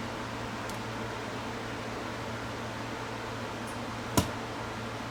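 A small retainer clip, not a cut washer, is pushed onto a shaft to hold a mechanism piece in a Sony SLV-R1000 S-VHS VCR under repair. Over a steady low hum and faint hiss, a single sharp click sounds at 4.2 s as the retainer clips on and seats.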